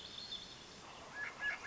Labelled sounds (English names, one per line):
Swainson's Thrush